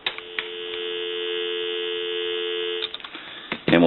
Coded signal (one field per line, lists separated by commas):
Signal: telephone call progress tone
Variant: North America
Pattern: dial tone